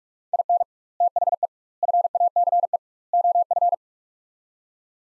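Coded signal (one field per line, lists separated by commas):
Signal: Morse code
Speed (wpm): 45 wpm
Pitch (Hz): 700 Hz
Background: none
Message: IN THE FACE OF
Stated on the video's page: Morse practice: sets of four words at 45 wpm with 2x word-spacing, each set followed by spoken version; spacing method analogous to Farnsworth.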